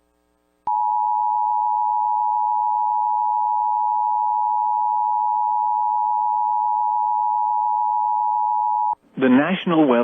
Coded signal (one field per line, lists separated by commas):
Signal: Emergency Alert System (SAME) tones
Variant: 853 and 960 Hz attention tone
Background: speech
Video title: EAS Timeline December-Derecho Hits Central Iowa and Downtown Des Moines NOAA Weather Radio